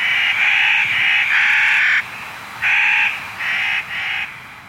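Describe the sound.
Clark's nutcracker uttering a run of nasal, crow-like calls, several drawn-out notes in the first two seconds, then three shorter ones after a pause.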